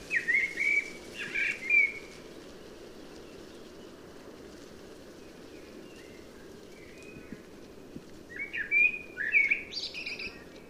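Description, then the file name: Common blackbird giving brief fluty whistled phrases at the start, then a long quiet stretch, and a second short warbling burst with a squeaky high end. "Turdus merula"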